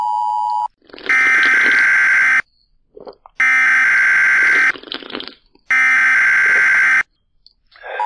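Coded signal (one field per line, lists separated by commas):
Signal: Emergency Alert System (SAME) tones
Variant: header bursts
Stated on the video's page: Alert tones from a Roblox game.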